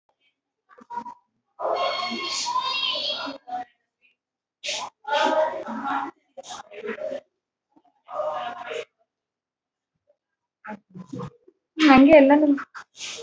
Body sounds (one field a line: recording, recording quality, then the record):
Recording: deep breathing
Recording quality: moderate, slight background noise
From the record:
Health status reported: recovered from COVID-19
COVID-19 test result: positive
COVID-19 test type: RT-PCR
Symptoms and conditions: cough, cold, sore throat, fever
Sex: female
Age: 31 years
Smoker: no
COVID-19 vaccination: both doses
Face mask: worn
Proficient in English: yes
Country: India